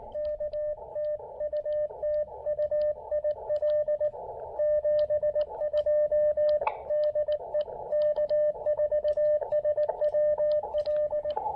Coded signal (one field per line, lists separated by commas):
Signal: Morse code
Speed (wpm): 18 wpm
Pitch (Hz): 590 Hz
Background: radio noise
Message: K TU TU IL 72 DE K4SWL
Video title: Pairing the Elecraft KX2 and AX1 with a little QRP Coffee for some proper portable POTA fun!